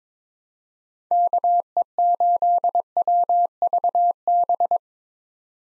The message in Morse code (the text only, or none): KE8WVB